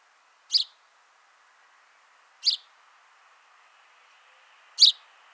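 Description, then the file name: House sparrow chirping three times, about two seconds apart, each note short and sharp, with a faint steady hiss underneath. "Passer domesticus"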